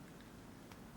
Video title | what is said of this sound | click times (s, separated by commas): Loreo Divers watch, Full Review. | you can just see a little click and it'll come out it's on a spring | 0.7 s